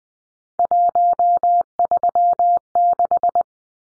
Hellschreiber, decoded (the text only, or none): none